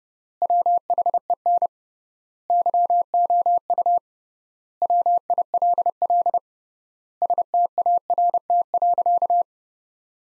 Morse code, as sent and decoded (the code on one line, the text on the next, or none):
.-- .... . -. / -.-- --- ..- / .-- .. .-.. .-.. / ... - .- .-. - .-.-.-
WHEN YOU WILL START.